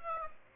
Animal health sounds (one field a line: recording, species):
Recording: mosquito wingbeat signal from an infrared sensor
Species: Aedes aegypti